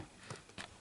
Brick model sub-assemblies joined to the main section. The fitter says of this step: and the two parts from parts one and two into part three just click into place